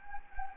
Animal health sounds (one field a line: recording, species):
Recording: mosquito wingbeat signal from an infrared sensor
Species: Anopheles gambiae